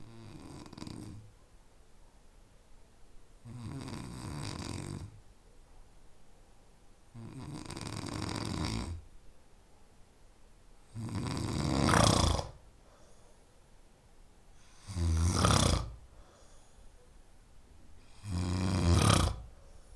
Snore.